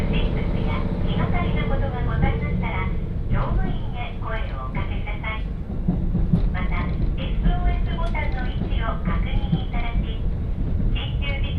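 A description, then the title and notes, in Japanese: Inside a train on a rail journey, a steady low rumble and rattle of the carriage runs throughout. People talk continuously, several voices overlapping, while faint clicks and squeaks surface now and then around six and eight seconds. 耳で楽しむ鉄道旅 函館本線 函館→池田園（藤城支線経由）。函館から大沼を経由して、2022年廃止駅（ちなみに乗車日は廃止前日です）の１つである池田園駅まで行ってみました。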